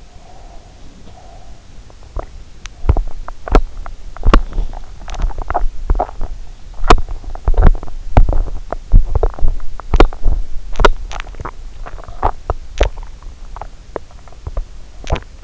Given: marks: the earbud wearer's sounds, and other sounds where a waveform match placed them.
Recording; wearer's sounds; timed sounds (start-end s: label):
sounds in sleep by an in-ear microphone; breath, teeth grinding
0.00-1.69 s: breath
1.96-15.44 s: teeth grinding